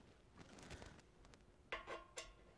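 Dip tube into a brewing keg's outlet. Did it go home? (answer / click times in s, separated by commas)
yes / 1.7 s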